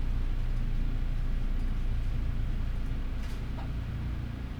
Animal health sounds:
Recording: poultry house recording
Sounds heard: sick chickens (respiratory disease)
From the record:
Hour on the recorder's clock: 12

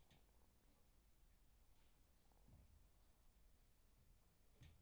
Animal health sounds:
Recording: poultry house recording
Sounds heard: sick chickens (respiratory disease)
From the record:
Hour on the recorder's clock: 16

